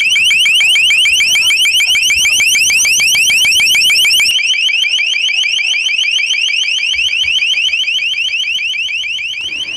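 A loud electronic alarm from an acoustic cannon, which can reach a maximum volume of 137 decibels, blares continuously, a rapid pulsing high-pitched warble that shifts to a steadier, slightly different tone partway through, with no voices.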